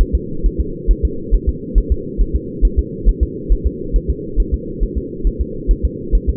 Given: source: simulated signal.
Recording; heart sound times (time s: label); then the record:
fetal heart sounds
0.01 s: S1
0.15 s: S2
0.46 s: S1
0.60 s: S2
0.91 s: S1
1.05 s: S2
1.35 s: S1
1.49 s: S2
1.78 s: S1
1.92 s: S2
2.21 s: S1
2.36 s: S2
2.65 s: S1
2.79 s: S2
3.09 s: S1
3.23 s: S2
3.52 s: S1
3.67 s: S2
3.96 s: S1
4.10 s: S2
4.40 s: S1
4.54 s: S2
4.83 s: S1
4.98 s: S2
5.27 s: S1
5.41 s: S2
5.71 s: S1
5.85 s: S2
6.15 s: S1
6.29 s: S2
From the record:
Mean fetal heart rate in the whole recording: 135 bpm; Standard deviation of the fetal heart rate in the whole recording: 3 bpm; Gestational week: 36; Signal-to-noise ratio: -4.3 dB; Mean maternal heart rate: 72 bpm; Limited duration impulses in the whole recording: present